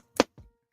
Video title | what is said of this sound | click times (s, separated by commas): Chat Build and Transform Episode 2 #Blokees #Legacy #Lego #4dpuzzle | There we go. Double click. | 0.2 s, 0.4 s